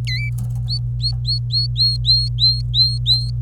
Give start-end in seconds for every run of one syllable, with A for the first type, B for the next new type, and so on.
0.07-0.29 A, 0.69-3.31 B